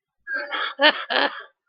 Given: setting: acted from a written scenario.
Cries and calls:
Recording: vocal sound without words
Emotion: amusement

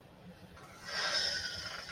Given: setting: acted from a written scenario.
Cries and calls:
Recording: vocal sound without words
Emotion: serenity

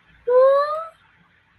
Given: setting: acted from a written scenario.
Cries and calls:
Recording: vocal sound without words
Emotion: adoration

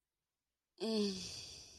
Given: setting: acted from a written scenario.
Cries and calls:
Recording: vocal sound without words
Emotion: contentment

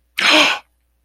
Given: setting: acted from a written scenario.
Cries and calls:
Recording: vocal sound without words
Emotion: realization

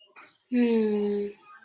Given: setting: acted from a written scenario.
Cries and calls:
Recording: vocal sound without words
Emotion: disappointment

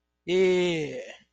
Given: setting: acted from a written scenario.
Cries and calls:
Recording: vocal sound without words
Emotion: interest

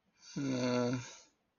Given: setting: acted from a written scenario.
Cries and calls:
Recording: vocal sound without words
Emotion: sympathy

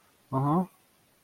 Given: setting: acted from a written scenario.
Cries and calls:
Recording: vocal sound without words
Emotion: sympathy

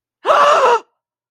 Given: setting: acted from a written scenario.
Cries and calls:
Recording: vocal sound without words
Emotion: fear

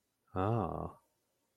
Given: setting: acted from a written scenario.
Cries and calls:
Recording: vocal sound without words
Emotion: desire

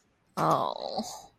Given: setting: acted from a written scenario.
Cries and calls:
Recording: vocal sound without words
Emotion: guilt

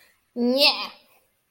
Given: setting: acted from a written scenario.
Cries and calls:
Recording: vocal sound without words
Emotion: contempt

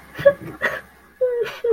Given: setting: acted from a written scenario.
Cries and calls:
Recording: vocal sound without words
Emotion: sadness

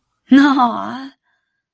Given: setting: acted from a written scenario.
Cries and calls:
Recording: vocal sound without words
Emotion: adoration

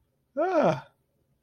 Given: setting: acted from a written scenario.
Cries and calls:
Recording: vocal sound without words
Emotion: positive surprise

